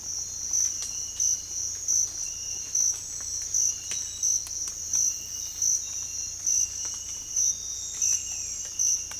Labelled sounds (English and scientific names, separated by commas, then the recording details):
none
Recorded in secondary vegetation near Puerto Asís, Putumayo, Colombia, on 18 December 2024 at 06:00
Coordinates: 0.481, -76.318
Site G042